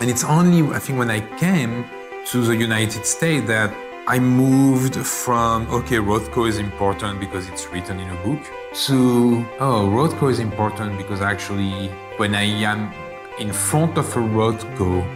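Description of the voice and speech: A man, a museum director in Los Angeles, speaks fluently with a foreign accent, in a low, steady voice and with brief pauses: ordinary adult speech.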